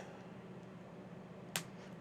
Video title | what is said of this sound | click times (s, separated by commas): Build log - Model-Space Porsche 911 - Stages 8-17 - Building the Engine! | just clicks into place then we put | 1.6 s